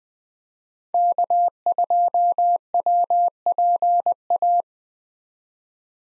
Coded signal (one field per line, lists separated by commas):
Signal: Morse code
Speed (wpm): 20 wpm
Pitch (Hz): 700 Hz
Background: none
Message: K2WPA